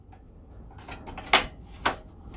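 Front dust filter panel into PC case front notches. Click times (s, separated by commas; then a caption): 1.3 s, 1.9 s. The removable front dust filter panel of a PC case is pushed back onto the case front so its tabs enter the four notches, with faint scraping and rustling as it is lined up. Two sharp plastic snaps ring out at about 1.4 s and 1.9 s as the panel seats and locks in place.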